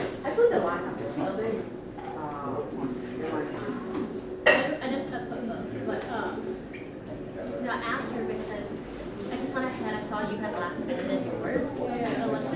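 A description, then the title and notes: A crowded coffee shop fills with overlapping voices of young people chatting, a steady murmur with a sharp clatter near four seconds. Captured in a recently opened trendy coffee shop in a large city. The shop is full of young people, with standing room only.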